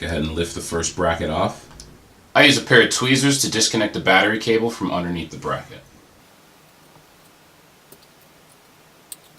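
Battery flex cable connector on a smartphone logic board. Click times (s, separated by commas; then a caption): 9.1 s. Someone talks for the first six seconds, then uses tweezers to pry the battery flex cable connector off its socket on a smartphone logic board, working from underneath a bracket that has been lifted off. After a quiet stretch with a faint tick at 7.9 s, a sharp click at 9.1 s marks the connector releasing.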